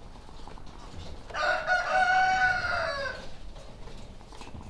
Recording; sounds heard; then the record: poultry house recording; sick chickens (respiratory disease)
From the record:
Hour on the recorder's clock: 17